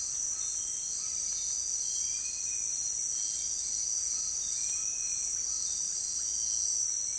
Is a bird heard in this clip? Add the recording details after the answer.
no. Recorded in secondary vegetation near Puerto Asís, Putumayo, Colombia, on 25 June 2025 at 17:30. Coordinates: 0.485, -76.322. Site GP06